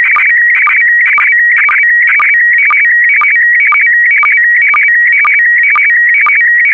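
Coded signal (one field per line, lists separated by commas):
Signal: SSTV (slow-scan television)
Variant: PD120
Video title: (01 of 12) ISS Expedition 67 - MAI-75 April 2022 - Retransmission SSTV PD120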